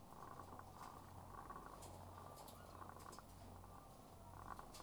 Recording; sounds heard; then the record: poultry house recording; sick chickens (respiratory disease)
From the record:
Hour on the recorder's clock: 12